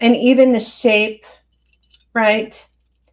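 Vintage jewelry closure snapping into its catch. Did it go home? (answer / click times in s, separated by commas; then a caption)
no / none. Someone talks while handling a pre-World War II vintage jewelry piece, a locket, compact or clasp whose metal closure snaps into its catch. After the talking stops, only a few faint, brief taps are heard near the end. The closure has not clicked shut or seated yet.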